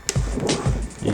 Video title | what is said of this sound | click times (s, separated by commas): Camaro Android Radio - Unboxing the DO-1016 from DigitalOctopusRadio.com | you should hear that click right inside | 0.1 s